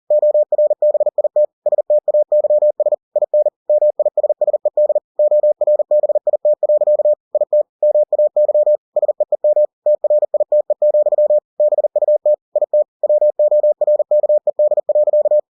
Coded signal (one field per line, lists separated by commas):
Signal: Morse code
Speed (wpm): 40 wpm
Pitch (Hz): 600 Hz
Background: none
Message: ORBIT STAYS IN MISSED ORBIT. IT MAY SEEM TRITE, BUT IT WORKED.